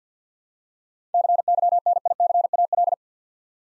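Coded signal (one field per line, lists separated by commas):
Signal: Morse code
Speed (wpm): 52 wpm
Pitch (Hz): 700 Hz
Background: none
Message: CYNICAL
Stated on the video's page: Morse practice of 7-letter words at 50 wpm for head-copy training.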